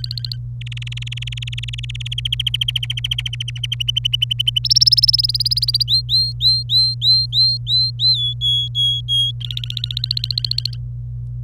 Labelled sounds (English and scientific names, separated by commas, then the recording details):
Domestic Canary (Serinus canaria) song
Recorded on 26 April 2018 at 08:16
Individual llb3